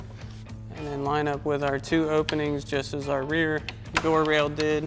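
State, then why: Not seated. A soft top front door rail on a Jeep Wrangler JL with a Bestop Supertop Squareback soft top is slipped into the weather stripping and lined up with two openings, as the rear door rail was, to fit into the rear door rail and roof mount. Someone talks throughout. Nothing has seated or clicked yet.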